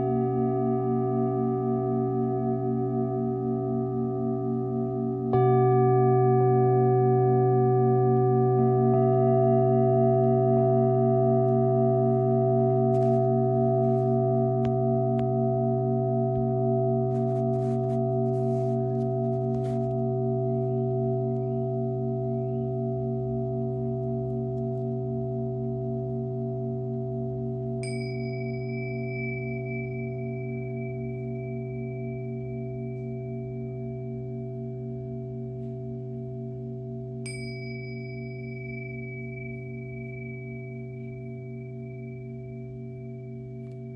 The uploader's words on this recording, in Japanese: メキシコからシンギングボウルをお届け。